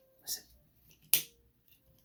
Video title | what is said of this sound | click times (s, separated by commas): R.o.t.F. Scavenger: aka Wheel-Bot: Studio Series Devastator Part 4: Blindformers 44 | oh yeah click it click it good okay | 1.1 s